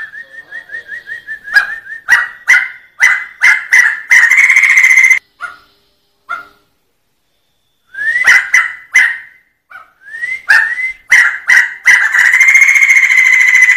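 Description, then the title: Sumatran laughingthrush song: quick repeated whistles build into loud harsh bursts and a rolling trill. A silent gap follows, then short whistles and another long rolling phrase. Singing in the 'ngerol' style, a continuous rolling song; described as special. "Suara Ngerol Poksai Jambul Sumatra Istimewa"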